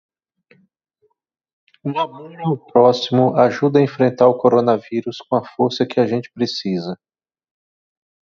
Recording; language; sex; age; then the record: spoken sentence; Brazilian Portuguese; male; 40 to 49 years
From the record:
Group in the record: control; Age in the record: 46 years